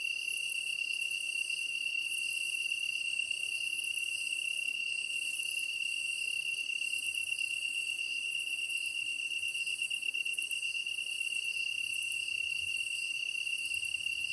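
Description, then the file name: Kantan tree cricket keeps up a long, even trill. Recorded on 23 August 2010 at 21:22. "kantan-20100823-2122"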